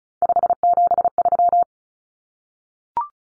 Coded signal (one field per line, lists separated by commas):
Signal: Morse code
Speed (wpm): 34 wpm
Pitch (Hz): 700 Hz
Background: none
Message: 573